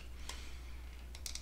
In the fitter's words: and there you go you have to hear that click sort of a click and